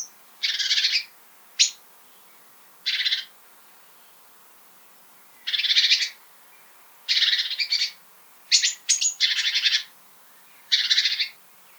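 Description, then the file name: Great tit churring call, harsh buzzy rattles of about half a second repeated at irregular intervals, mixed with brief sharp high notes. "Parus major"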